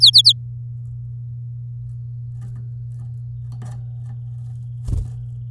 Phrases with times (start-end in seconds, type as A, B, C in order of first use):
0.00-0.32 A